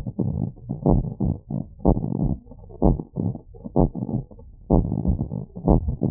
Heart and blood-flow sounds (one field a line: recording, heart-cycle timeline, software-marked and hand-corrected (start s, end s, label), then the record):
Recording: heart sounds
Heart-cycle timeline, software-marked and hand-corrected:
0.01	0.25	systole
0.25	0.35	S2
0.35	0.87	diastole
0.87	1.03	S1
1.03	1.23	systole
1.23	1.35	S2
1.35	1.87	diastole
1.87	2.01	S1
2.01	2.21	systole
2.21	2.31	S2
2.31	2.83	diastole
2.83	2.97	S1
2.97	3.19	systole
3.19	3.27	S2
3.27	3.77	diastole
3.77	3.89	S1
3.89	4.13	systole
4.13	4.23	S2
4.23	4.71	diastole
4.71	4.85	S1
4.85	5.07	systole
5.07	5.17	S2
5.17	5.67	diastole
5.67	5.81	S1
5.81	6.03	systole
6.03	6.11	S2
From the record:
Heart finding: normal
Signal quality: good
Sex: male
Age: 26 years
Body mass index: 23